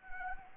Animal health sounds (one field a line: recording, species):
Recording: mosquito wingbeat signal from an infrared sensor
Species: Anopheles arabiensis